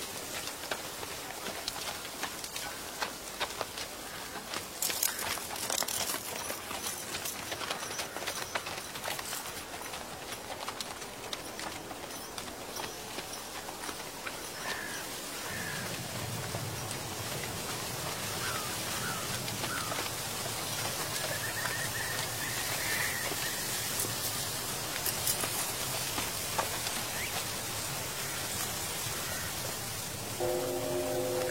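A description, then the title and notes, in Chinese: Horse hooves clop along in a steady, fairly quick rhythm over a dense rustling bed like dry leaves, the crackle thickening after about five seconds. Around fifteen seconds a low rumble joins underneath, and faint birdsong and a brief ringing tone appear near the end. 秋天古道夕阳下的马蹄声、落叶声、远处的深山鸟鸣和古寺钟声。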